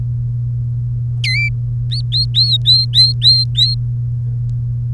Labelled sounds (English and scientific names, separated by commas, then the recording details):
Domestic Canary (Serinus canaria) song
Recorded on 3 May 2018 at 10:51
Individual llb3